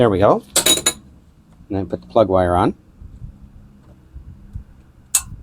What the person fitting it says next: Good, nice audible click.